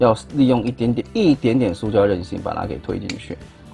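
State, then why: Not seated. Someone talks while transforming a plastic Transformers Legacy Deluxe Class Pointblank & Peacemaker robot figure, flexing the plastic slightly to push a part into the figure's body. Nothing has seated or clicked into place yet.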